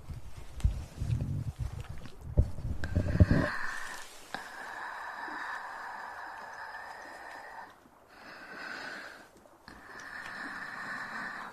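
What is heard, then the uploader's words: Mouth sounds and breathing: the first three seconds bring rough, low, snorting bursts and sharp clicks. After a brief pause, a long, steady, hissy breath with a whistling tone runs to the end, broken by short gaps near eight and nine and a half seconds. Mouth Sounds & Breathing.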